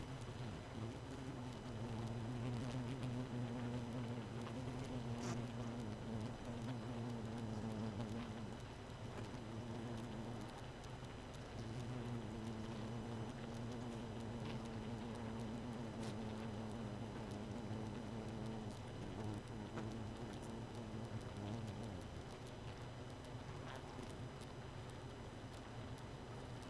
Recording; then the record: honeybee colony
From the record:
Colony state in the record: missing queen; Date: 31 May 2018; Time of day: 0:50